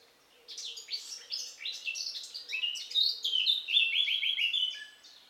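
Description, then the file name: Eurasian blackcap song, a hurried scratchy warble that grows louder and ends in a run of bright, clear whistled notes stepping downward. "Sylvia atricapilla"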